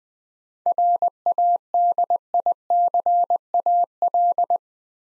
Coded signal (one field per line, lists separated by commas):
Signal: Morse code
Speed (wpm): 20 wpm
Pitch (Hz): 700 Hz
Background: none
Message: RADICAL